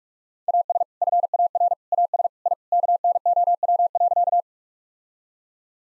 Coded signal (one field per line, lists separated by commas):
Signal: Morse code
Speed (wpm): 46 wpm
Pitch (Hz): 700 Hz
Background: none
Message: AS FAR AS I KNOW.